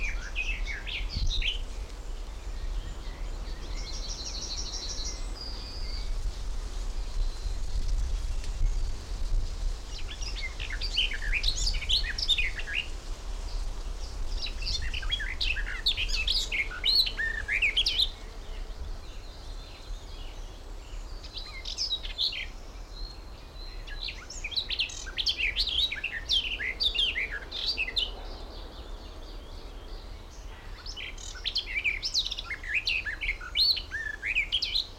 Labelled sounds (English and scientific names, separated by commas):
Garden Warbler (Sylvia borin)